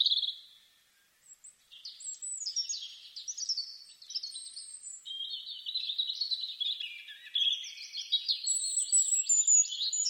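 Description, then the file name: European robin song, a brief note, a short pause, then a continuous, thin, tumbling warble of high, squeaky and liquid notes that waver up and down. "Erithacus rubecula"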